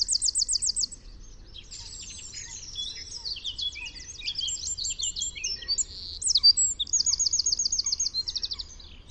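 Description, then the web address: Wren song: a long, rapid run of high, sharp trills and twittering notes, with fast rattling bursts at the start and near the end. "chant Troglodyte"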